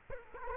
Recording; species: mosquito wingbeat signal from an infrared sensor; Culex quinquefasciatus